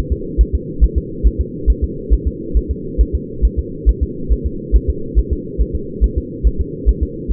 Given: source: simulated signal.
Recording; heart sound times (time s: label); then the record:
fetal heart sounds
0.12 s: S2
0.41 s: S1
0.55 s: S2
0.84 s: S1
0.98 s: S2
1.27 s: S1
1.41 s: S2
1.70 s: S1
1.84 s: S2
2.13 s: S1
2.27 s: S2
2.57 s: S1
2.71 s: S2
3.01 s: S1
3.15 s: S2
3.45 s: S1
3.59 s: S2
3.89 s: S1
4.03 s: S2
4.33 s: S1
4.46 s: S2
4.76 s: S1
4.90 s: S2
5.19 s: S1
5.33 s: S2
5.62 s: S1
5.75 s: S2
6.04 s: S1
6.18 s: S2
6.47 s: S1
6.61 s: S2
6.89 s: S1
7.03 s: S2
7.32 s: S1
From the record:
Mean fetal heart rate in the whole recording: 140 bpm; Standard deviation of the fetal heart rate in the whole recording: 2 bpm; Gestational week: 34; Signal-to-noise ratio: -4.3 dB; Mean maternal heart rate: 72 bpm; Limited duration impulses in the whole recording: absent